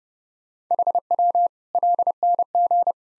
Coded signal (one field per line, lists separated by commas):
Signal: Morse code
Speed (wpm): 30 wpm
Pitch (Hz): 700 Hz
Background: none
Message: HW LNG